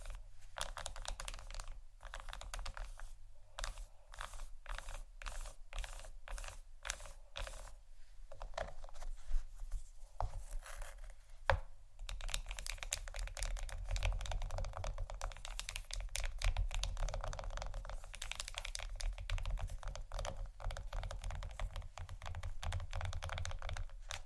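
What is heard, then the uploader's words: Quick tapping and scratching on chocolate, with dense clicky bursts and short pauses early, then a more continuous scratchy run after about twelve seconds. ASMR Tap & Scratch On Chocolate （No Talking）.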